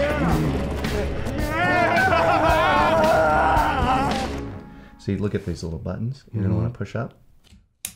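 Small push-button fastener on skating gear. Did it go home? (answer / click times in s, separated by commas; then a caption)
yes / 7.8 s. Music plays under someone talking, then the music fades and someone talks about pushing up little buttons on a small push-button fastener on skating gear. At 7.9 s the small buckle snaps into place with a sharp, very short snap, and it is seated.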